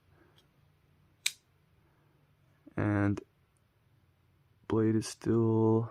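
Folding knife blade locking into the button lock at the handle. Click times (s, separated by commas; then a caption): 1.3 s. After its pivot screw has been loosened, the steel blade of a Two Sun TS-303 button-lock folding knife swings open and locks into the button lock at the handle with one sharp click at 1.3 s. Someone then talks, and the blade stays locked in place, sturdy, with no blade play.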